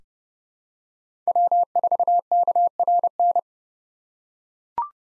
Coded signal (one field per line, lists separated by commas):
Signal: Morse code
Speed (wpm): 31 wpm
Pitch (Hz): 700 Hz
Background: none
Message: W4KRN